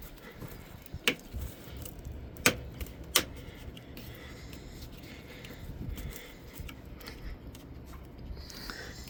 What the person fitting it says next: there we go. It's snapped in place.